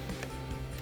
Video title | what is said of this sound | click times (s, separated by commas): 2014-2024 4Runner Morimoto XB Evo LED Headlights Review & Install | Push it in so you hear the click, and then push this red locking tab down into place. | 0.2 s